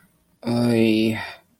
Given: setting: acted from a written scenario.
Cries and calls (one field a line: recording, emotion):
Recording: vocal sound without words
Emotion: embarrassment